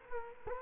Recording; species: mosquito wingbeat signal from an infrared sensor; Culex quinquefasciatus